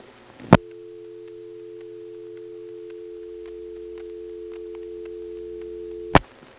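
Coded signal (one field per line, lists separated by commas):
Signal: telephone call progress tone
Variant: North America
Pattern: dial tone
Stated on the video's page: Step-by-step central office switching with directors, March 1977.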